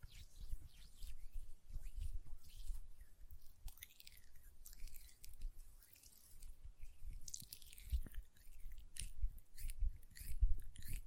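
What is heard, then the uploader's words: Wet, squishy lotion sounds as hands rub and press together, with sticky smacking textures repeating every second or so. Bright crackly bursts come and go throughout, over a soft low rumble, with a few sharper clicks near eight and ten seconds. Hand Sounds, Nail Tapping and Lotion Sounds.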